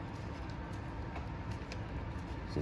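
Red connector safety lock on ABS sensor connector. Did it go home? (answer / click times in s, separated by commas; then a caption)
yes / 1.7 s. On a 2008 to 2020 Dodge Grand Caravan front wheel bearing job, the red plastic connector position assurance lock on the ABS sensor connector is pushed in after the connector has clicked. Against a steady, broad background hiss, a short, sharp click sounds at 1.7 s as the lock seats, and the connector is secured.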